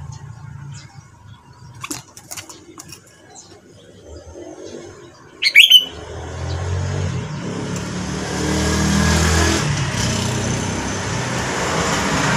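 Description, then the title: Sooty-headed bulbul giving one short bubbly whistled phrase near midway, then a swelling roar of road traffic filling the rest. "Kutilang"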